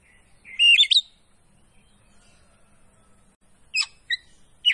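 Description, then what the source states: Oriental magpie-robin giving short whistled phrases: a warbled rising note early on, then brief sharp fragments after a long pause. Kacer poci type, singing gacor (vigorously).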